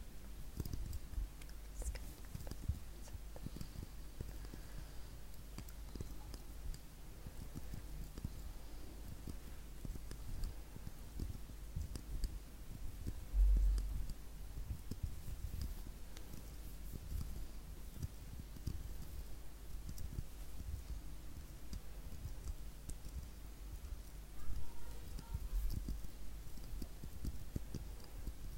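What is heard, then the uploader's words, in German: Soft rubbing and tapping triggers during a face massage continue densely and steadily, with slightly louder handling around thirteen and twenty-five seconds. Face massage (skincare, personal attention).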